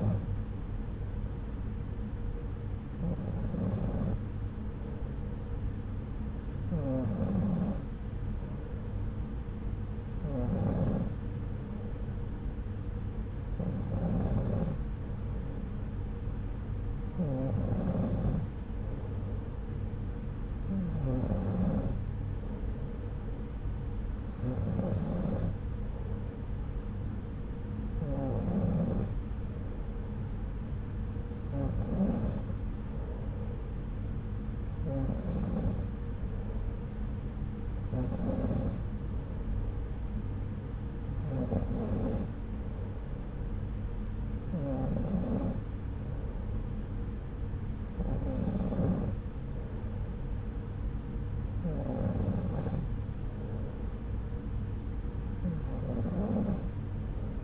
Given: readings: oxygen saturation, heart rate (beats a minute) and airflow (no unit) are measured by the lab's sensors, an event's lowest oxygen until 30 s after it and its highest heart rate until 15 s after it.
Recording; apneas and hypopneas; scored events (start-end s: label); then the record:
breathing in sleep by a smartphone at the bedside; none
none scored
From the record:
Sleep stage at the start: N2 (light sleep); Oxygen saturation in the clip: 93 to 94%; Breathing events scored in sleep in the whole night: 303 in 8.1 hours asleep